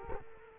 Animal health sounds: mosquito wingbeat signal from an infrared sensor; Culex quinquefasciatus

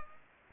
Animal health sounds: mosquito wingbeat signal from an infrared sensor; Culex pipiens

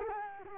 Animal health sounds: mosquito wingbeat signal from an infrared sensor; Culex quinquefasciatus

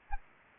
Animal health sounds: mosquito wingbeat signal from an infrared sensor; Anopheles gambiae

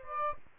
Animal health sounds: mosquito wingbeat signal from an infrared sensor; Aedes aegypti

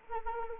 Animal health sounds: mosquito wingbeat signal from an infrared sensor; Anopheles arabiensis

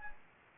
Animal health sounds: mosquito wingbeat signal from an infrared sensor; Anopheles gambiae

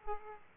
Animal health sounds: mosquito wingbeat signal from an infrared sensor; Aedes aegypti

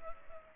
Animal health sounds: mosquito wingbeat signal from an infrared sensor; Culex pipiens

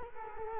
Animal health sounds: mosquito wingbeat signal from an infrared sensor; Culex quinquefasciatus

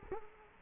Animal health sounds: mosquito wingbeat signal from an infrared sensor; Culex quinquefasciatus

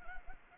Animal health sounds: mosquito wingbeat signal from an infrared sensor; Anopheles gambiae

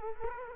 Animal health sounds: mosquito wingbeat signal from an infrared sensor; Culex quinquefasciatus

